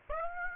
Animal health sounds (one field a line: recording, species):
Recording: mosquito wingbeat signal from an infrared sensor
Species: Aedes aegypti